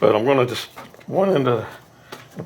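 Someone talks while handling a short spark plug wire boot that is about to be pushed onto a chain saw's spark plug terminal, so the saw can be fired by a Nissan Maxima ignition coil. Brief handling sounds occur near 2.1 s and 2.4 s, but nothing has seated or clicked yet.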